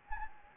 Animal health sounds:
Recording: mosquito wingbeat signal from an infrared sensor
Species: Anopheles gambiae

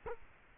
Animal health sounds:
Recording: mosquito wingbeat signal from an infrared sensor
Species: Culex quinquefasciatus

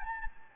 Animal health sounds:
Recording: mosquito wingbeat signal from an infrared sensor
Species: Anopheles gambiae

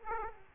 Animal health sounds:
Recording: mosquito wingbeat signal from an infrared sensor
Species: Aedes aegypti

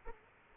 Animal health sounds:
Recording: mosquito wingbeat signal from an infrared sensor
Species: Aedes aegypti

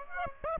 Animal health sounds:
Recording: mosquito wingbeat signal from an infrared sensor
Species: Aedes aegypti

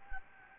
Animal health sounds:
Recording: mosquito wingbeat signal from an infrared sensor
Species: Anopheles gambiae

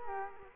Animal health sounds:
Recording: mosquito wingbeat signal from an infrared sensor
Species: Culex quinquefasciatus

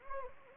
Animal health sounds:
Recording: mosquito wingbeat signal from an infrared sensor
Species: Anopheles gambiae

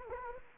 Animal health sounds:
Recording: mosquito wingbeat signal from an infrared sensor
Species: Anopheles gambiae

